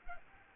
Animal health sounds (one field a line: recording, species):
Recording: mosquito wingbeat signal from an infrared sensor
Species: Culex pipiens